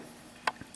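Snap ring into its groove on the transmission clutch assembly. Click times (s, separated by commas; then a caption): 0.5 s. A steel snap ring on the clutch assembly of a Ford Fiesta transmission is pressed down during a clutch replacement until it snaps into its groove. A sharp, bright click is heard at 0.5 s, followed by a fainter tick at 0.7 s over a low background. The snap ring is seated in its groove.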